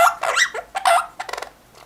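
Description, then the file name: Cuban amazon uttering a string of harsh, grating squawks, then a quick stuttering rattle of short notes before fading to quiet. "popugai belogolovyi amazon kubinskii amazon popugai bagamov popugai kaimanovyx ostrovov"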